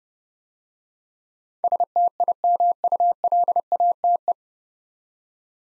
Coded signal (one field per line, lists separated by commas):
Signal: Morse code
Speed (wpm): 30 wpm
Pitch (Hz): 700 Hz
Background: none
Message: STIMULATE